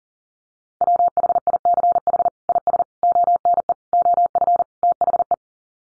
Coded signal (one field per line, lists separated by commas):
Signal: Morse code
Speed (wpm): 40 wpm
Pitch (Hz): 700 Hz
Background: none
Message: WHICH IS ONE OF THE